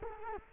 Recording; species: mosquito wingbeat signal from an infrared sensor; Culex quinquefasciatus